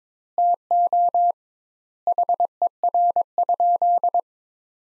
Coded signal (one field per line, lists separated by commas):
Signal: Morse code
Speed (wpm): 22 wpm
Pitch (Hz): 700 Hz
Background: none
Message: TO HER?